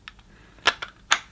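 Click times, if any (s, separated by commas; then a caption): 0.7 s, 1.1 s. The plastic front cover of a Bissell Revolution Hydrosteam carpet washer's stain tool is pressed back onto the tool's nozzle. Sharp plastic clicks sound at 0.7 s and 1.1 s, with fainter ticks around them. The cover snaps back on and seats in position.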